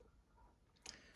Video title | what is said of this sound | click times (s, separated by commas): LEGO STAR WARS 75308 UCS R2-D2 REVIEW ! (2021) | click it back into position and when you hear that satisfying click you know that the leg is locked back into position | 0.9 s